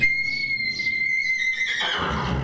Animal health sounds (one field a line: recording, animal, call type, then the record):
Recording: contact call of a hoofed animal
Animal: horse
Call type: whinny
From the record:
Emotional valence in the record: negative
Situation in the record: group separation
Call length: 2.5 s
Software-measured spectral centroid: 2470 Hz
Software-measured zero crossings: 4060 a second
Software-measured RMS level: -24 dBFS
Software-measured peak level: -10 dBFS